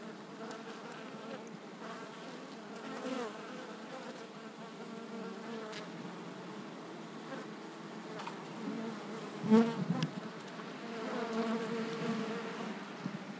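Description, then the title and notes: Bees humming in a steady, low drone with soft harmonic overtones, a few louder passes around the tenth second. Bees flying in February at 16°C to collect hazelnut pollen, Langel, Cologne, Germany. "Langel, Köln, Deutschland - Bienen im Februar. Bees in February. Bei 16°C fliegen die Bienen auch im Februar, um Haselnusspollen zu sammeln"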